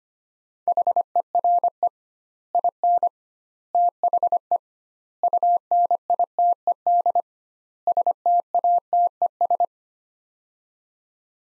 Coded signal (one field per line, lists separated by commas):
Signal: Morse code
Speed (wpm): 25 wpm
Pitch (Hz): 700 Hz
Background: none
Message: HERE IN THE UNITED STATES